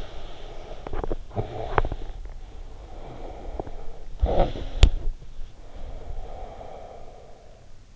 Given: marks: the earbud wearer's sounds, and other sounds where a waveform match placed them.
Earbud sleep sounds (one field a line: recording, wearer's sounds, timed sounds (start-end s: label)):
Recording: sounds in sleep by an in-ear microphone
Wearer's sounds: teeth grinding, breath, snoring breath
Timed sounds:
0.62-2.08 s: teeth grinding
2.08-4.08 s: breath
4.08-7.96 s: snoring breath